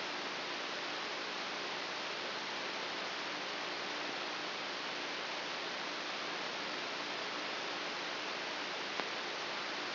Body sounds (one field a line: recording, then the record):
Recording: brain microelectrode recording played as sound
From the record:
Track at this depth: inside the subthalamic nucleus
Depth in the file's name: 1.956 mm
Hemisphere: left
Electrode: 2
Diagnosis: Parkinson's disease